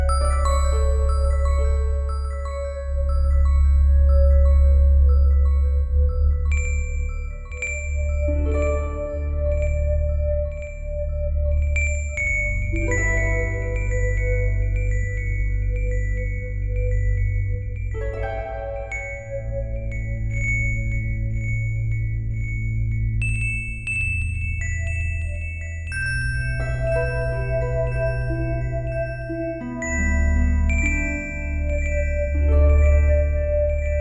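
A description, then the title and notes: Echoing bells ring with long, overlapping tones that hang and slowly fade, each new strike arriving every few seconds with a bright attack. A heavy low rumble sits underneath throughout, swelling and dipping, while high clear pitches shift from strike to strike. Hardly Strictly Echoing Bells. A simpler version of Echoing Bells.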